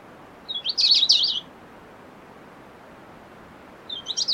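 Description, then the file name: European robin sings a tight, warbling high-pitched phrase, then falls silent for over two seconds before a second brief twittering phrase begins, with soft hiss behind. "Erithacus rubecula"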